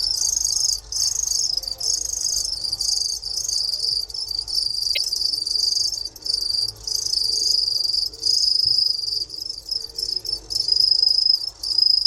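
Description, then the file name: Two-spotted cricket chirping in pulsed bursts, a high shrill trill broken by brief irregular pauses, with a faint low background hum. Recorded at a museum in Moscow, Russia, on 3 March 2016. "Gryllus bimaculatus in Darvinovskiy museum"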